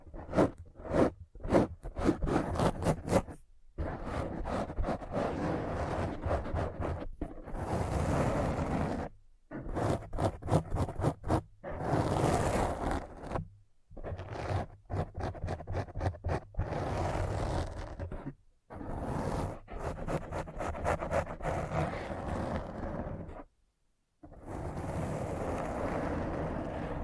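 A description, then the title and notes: A thorough brain scratch: a harsh, grinding scrape that runs from low rumble to bright hiss, chopped into fast stuttering bursts. These alternate with longer sustained stretches of a few seconds, cut off abruptly by short silences near 9, 13, 18 and 23 seconds. ASMR Thorough Brain Scratch to Make You Sleepy (No Talking).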